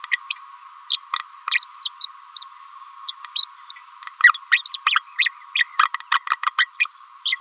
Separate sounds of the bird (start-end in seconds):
0.11-0.18, 0.30-0.35, 0.90-0.99, 1.51-1.59, 1.82-1.89, 2.00-2.09, 3.08-3.12, 3.35-3.48, 4.51-4.62, 4.65-4.70, 4.85-5.01, 5.18-5.31, 5.54-5.64, 5.79-5.89, 6.11-6.19, 6.27-6.36, 6.58-6.68, 6.79-6.86, 7.25-7.37